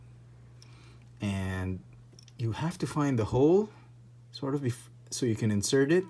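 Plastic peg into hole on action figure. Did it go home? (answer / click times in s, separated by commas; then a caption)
no / none. A plastic peg on a Mech Fans Toys Chefatron transforming robot figure, in the style of Transformers Legends Cyclonus, is handled and lined up at an angle toward its plastic hole, with faint ticks at about 0.6 and 1.0 seconds. Someone talks through most of the clip. Nothing has seated or clicked yet.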